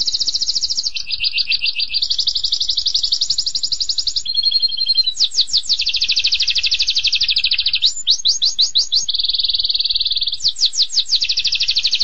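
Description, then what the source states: Canary singing a continuous song of rapid rolling trills, each held from under a second to a few seconds before jumping to a new pitch, with buzzy rattles and quick sweeping notes between. Canary singing constantly and vigorously (gacor).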